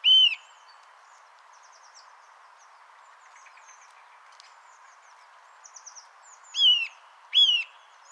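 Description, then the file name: Eurasian nuthatch calls: a loud, clear note at the start, then two more close together near the end, each a short whistled tone dipping at its tail; faint chirps between. "Sitta europaea"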